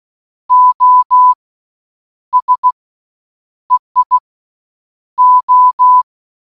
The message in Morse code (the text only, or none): OS EI O